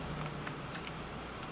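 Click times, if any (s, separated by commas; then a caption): none. An LCD display cable is handled at its connector on the motherboard of a Dell Inspiron 1525 laptop that had beer spilled on it, before being plugged back in. Faint, light ticks and handling noises sound over a steady low hum. Nothing has seated or clicked yet.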